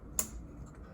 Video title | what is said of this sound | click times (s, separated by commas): How to Thread the Industrial Sewing Machine | you hear a nice click | 0.2 s